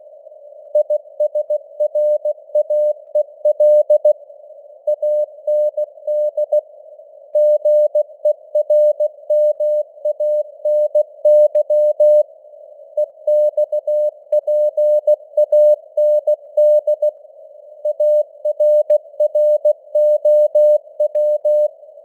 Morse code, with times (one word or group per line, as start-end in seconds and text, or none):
0.8-4.1 ISRAEL
4.9-6.6 AND
7.4-12.2 GERMANY
13.0-17.1 EXPAND
17.9-21.7 ARROW